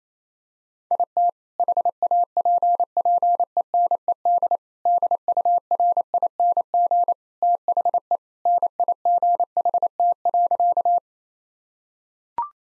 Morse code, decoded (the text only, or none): IT HAPPENED DURING THE NIGHT.